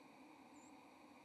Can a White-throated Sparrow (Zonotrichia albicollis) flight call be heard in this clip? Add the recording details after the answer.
yes. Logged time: 05:45 on 1 November 2014